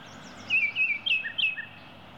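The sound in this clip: Oriole calls: several short, falling whistled slurs in quick succession, some followed by softer lower notes, over a faint low hum.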